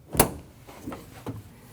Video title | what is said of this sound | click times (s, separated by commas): How to Replace Front Left Window Regulator 2012-2021 Nissan NV2500 | Now you can plug your motor in. Listen for the click. | 0.2 s